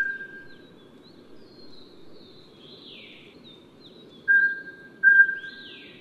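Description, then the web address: Mountain scops owl whistles: one plain note at the start, a pause, then a double whistle near the end, with faint high chirps from other birds throughout. Recorded at Yushan. "黃嘴角鴞. Yushan"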